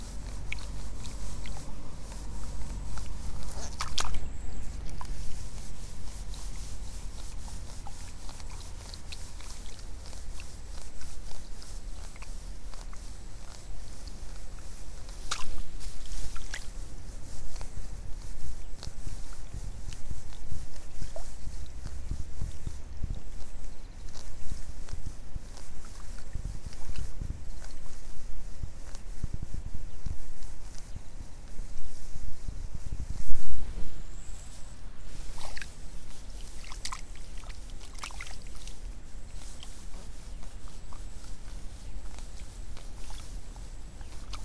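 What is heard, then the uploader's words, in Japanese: Rice seedlings being pulled in the afternoon, with insects starting to call. A steady low rumble underlies scattered short rustles and thumps, with sharper bursts around 4, 16 and 33 seconds, and a thin high insect tone comes and goes throughout. イネ苗とり 午後 そろそろ虫の声。33℃\\18℃。晴れ。今季最後の苗とり。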